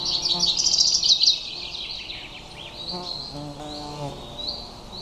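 Bird song: a short, busy chirping trill, then soft repeated high notes.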